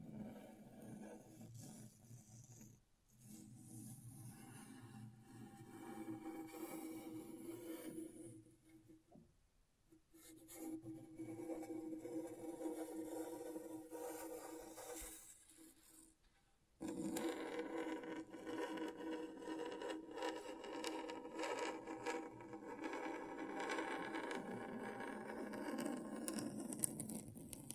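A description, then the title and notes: Scratchboard being scraped with a dense, gritty rasp that runs almost without a break, its pitch and grain shifting as the strokes change. Short pauses fall near 3, 9 to 10 and 16 seconds, and after the last one the scraping returns louder and fuller. ASMR Brain Tingling Scratchboard (No Talking).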